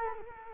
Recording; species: mosquito wingbeat signal from an infrared sensor; Culex quinquefasciatus